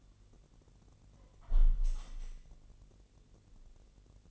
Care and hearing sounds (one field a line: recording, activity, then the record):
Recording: daily activity, microphone in the room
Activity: close window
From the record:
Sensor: 4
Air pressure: 1001.2 hPa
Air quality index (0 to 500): 248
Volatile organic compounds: 45 ppm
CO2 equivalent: 3226 ppm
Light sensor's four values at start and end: 9/20/8/7 and 9/19/8/7